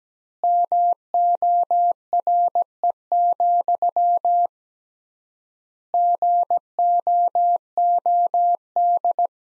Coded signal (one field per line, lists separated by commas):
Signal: Morse code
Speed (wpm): 17 wpm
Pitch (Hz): 700 Hz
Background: none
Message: MORE, GOOD